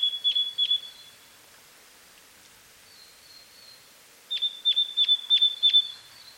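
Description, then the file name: Great tit giving two short runs of high, ringing metallic notes separated by a quiet gap, with faint thin calls and steady background hiss. "Parus major"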